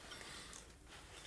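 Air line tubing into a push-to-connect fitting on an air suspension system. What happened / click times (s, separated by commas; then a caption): Handled, not yet home: the air line is worked toward the fitting with no seating click / none. An air line for the suspension airbag of a Pacbrake air bag system on a 2024 Ford F-250 Super Duty, freshly cut clean, is being handled and pushed toward its push-to-connect fitting. The sound is a steady, low rustling and scraping of handling with no distinct click. Nothing has seated or clicked yet.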